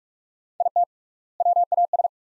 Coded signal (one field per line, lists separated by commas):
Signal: Morse code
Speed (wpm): 47 wpm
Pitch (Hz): 700 Hz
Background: none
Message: IT WAS